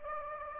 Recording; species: mosquito wingbeat signal from an infrared sensor; Anopheles gambiae